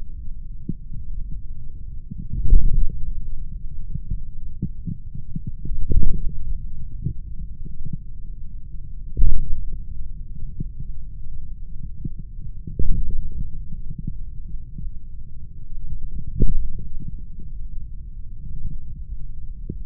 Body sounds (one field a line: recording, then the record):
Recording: forearm muscle sounds (acoustic myography)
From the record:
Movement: hand opening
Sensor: system 3, bracelet of six PUI Audio POM-2738L microphones around the upper forearm, with dedicated amplification and filtering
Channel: 6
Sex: male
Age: 26 years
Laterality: right